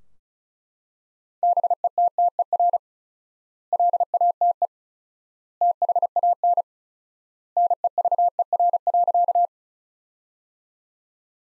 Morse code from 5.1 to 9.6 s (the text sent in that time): THAN NEVER.